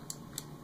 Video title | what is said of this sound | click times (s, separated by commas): How To Get Videos and Pictures From A Micro SD Card On To Your Computer | hear that SD card out and then you can easily remove it like so. | 0.1 s, 0.4 s